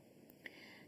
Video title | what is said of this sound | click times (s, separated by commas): JewelleryMaker LIVE 19/11/2020 8am -8pm | so push that in and you can almost feel it uh sort of Click into place there | 0.3 s, 0.5 s